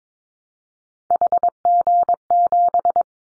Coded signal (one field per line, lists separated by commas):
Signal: Morse code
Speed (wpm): 22 wpm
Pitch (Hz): 700 Hz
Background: none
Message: HG7